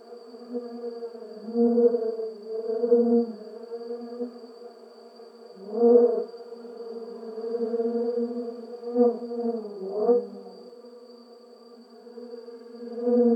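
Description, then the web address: Bee giving a droning buzz that rises and falls in loudness several times, with brief pitch wobbles as it moves, and a faint steady high tone behind. Recorded in a garden. "WSPDatabase Analysis DVD Garden Bee"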